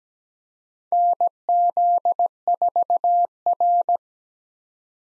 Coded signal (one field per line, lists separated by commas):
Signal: Morse code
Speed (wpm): 17 wpm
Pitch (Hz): 700 Hz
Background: none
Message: NZ4R